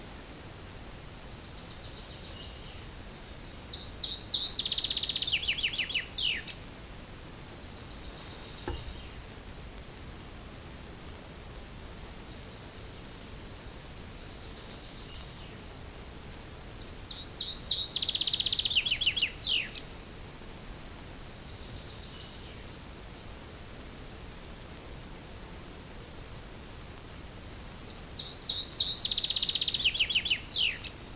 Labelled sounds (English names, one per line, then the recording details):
Common Chaffinch song
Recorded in the wild
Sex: male
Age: adult
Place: Altenbeken, Eggegebirge, Nordrhein-Westfalen, DE
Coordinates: 51.7833, 8.96667
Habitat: mountain ridge
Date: 1966-06-17
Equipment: Uher 4000 Report-S, Bändchenmikro Beyer M 260, Parabolspiegel Polyester (470 mm)
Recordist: Conrads, Klaus
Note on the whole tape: Egge-Kamm bei Altenbeken, nahe Schwarzes Kreuz. Männchen: Gesang